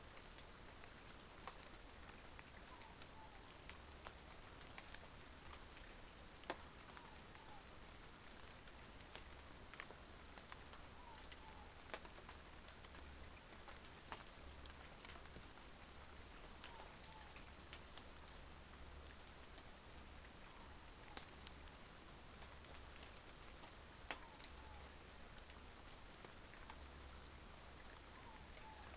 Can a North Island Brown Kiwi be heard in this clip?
no